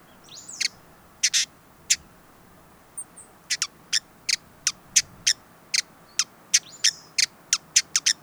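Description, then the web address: Hooded visorbearer giving sharp, high, dry chip notes, a few scattered at first, then a long, fairly steady series. "Hooded visorbearer. صدای-پرنده-آفتابگیر-کلاهدار"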